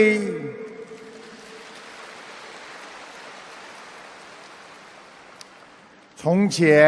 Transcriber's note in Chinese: 掌声